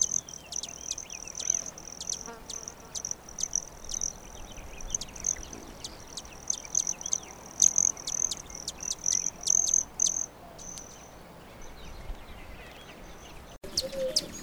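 Broad-tailed hummingbird giving a sustained high metallic trill, punctuated by sharp chips for about ten seconds, then falling quiet. There is soft background noise.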